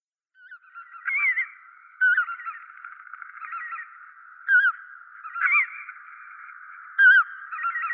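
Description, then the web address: Lesser white-fronted goose calling with short, high-pitched squeaky yelps, single or doubled, spaced a second or two apart. "Schulze Peter Lesser White-fronted Goose"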